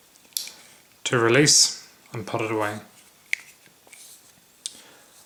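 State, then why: Released. A button on the stainless handle of a Leatherman Super Tool 300 EOD multitool is pressed, and the saw blade lock releases with a loud, sharp click at 0.4 s before the saw is folded away. Someone talks in between, and further short clicks follow at about 3.3 s and 4.7 s. The blade lock is released.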